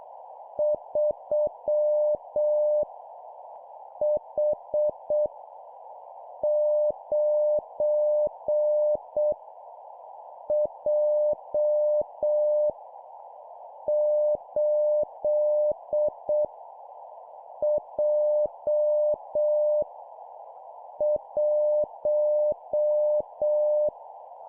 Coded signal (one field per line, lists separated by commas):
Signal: Morse code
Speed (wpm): 7 wpm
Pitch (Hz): 600 Hz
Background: none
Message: 3 H 9 J 8 J 1